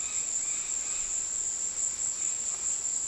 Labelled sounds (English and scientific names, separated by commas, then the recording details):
Dusky-headed Parakeet (Aratinga weddellii)
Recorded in secondary vegetation near Puerto Asís, Putumayo, Colombia, on 20 February 2024 at 15:00
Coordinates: 0.472, -76.331
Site G6371